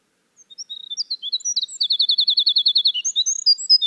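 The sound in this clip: Winter wren song, a rapid high tumbling run of tinkling notes with a fast even trill in the middle, with no other sounds.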